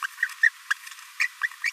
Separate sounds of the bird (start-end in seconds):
0.43-0.49, 0.70-0.73, 1.20-1.27, 1.43-1.48